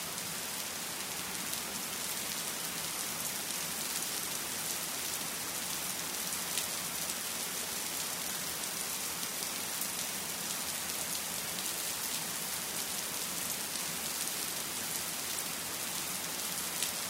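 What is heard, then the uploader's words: Gentle rain falls steadily for the whole stretch, a dense, even hiss with no lulls or surges. Brighter patter of drops on a surface sits over a soft low rumble, and occasional sharper ticks stand out faintly. Gentle Rain (Relax & Nature Sounds).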